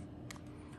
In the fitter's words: Đấy, nó kêu tạch một cái là ok.